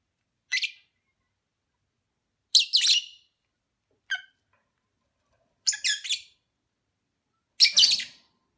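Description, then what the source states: Lovebird calling with high, shrill chirps, single and in short clusters, repeated about every one to two seconds. Lovebird sounds recorded during a mating ritual.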